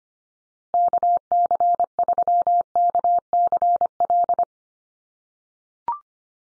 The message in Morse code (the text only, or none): KC3KCL